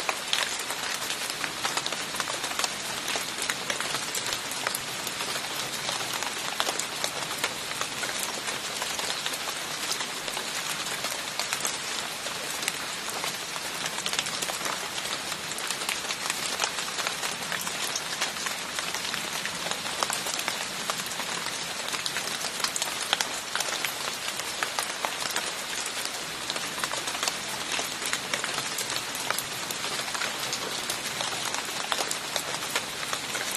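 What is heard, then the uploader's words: Raindrops fall under a tree in a steady, close patter. The tapping is dense and bright, thick with countless small ticks and almost no low sound beneath it. It holds at an even level for the whole stretch, without pauses or other sounds. After the rain - the raindrops under the tree are sparse.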